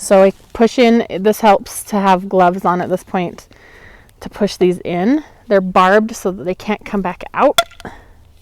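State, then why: Not seated. A barbed plastic drip-irrigation connector is pushed by a gloved hand into polyethylene tubing while someone talks. The connector is still being handled, and nothing has seated or clicked yet.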